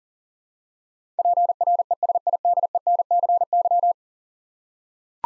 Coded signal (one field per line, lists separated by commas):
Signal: Morse code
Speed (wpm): 44 wpm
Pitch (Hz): 700 Hz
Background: none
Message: PRESIDENCY